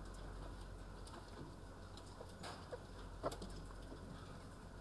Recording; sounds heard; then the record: poultry house recording; healthy chickens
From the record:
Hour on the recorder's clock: 9